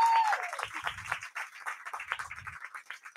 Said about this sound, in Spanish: Y para ello he salido de los estudios de Ágora Sol Radio y estoy aquí en un sitio maravilloso que se llama Collage Burlesque en Madrid, acompañada de un montón de público y cómicos maravillosos. Un aplauso, gracias por venir a todos.